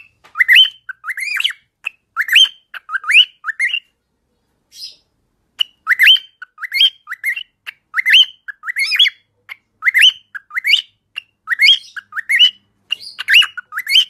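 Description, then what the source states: Cockatiel whistling in repeated rising, warbled phrases with short pauses between bursts and a longer gap in the first half. Several cockatiels singing, whistling.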